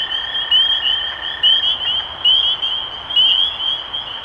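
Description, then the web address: Spring peeper: clear rising peeps from spring peepers, about one a second within a chorus, with a lower droning trill fading out early on. Recorded 23 March 2012. "rob animals Peepers-2012-0323"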